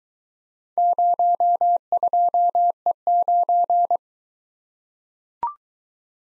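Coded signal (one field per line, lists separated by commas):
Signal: Morse code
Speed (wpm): 21 wpm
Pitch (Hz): 700 Hz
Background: none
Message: 02E9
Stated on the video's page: Morse practice of four-character letter-number groups in Speed-Racing format: starts fast and slows to a 15 wpm base, with the top speed 1.5 times the base.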